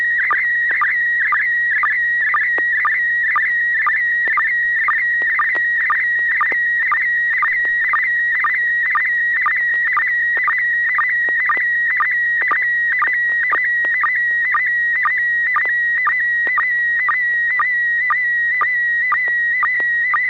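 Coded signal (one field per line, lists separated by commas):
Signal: SSTV (slow-scan television)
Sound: warbling high tone around 2 kHz with rapid regular low chirps, twice a second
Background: low steady hum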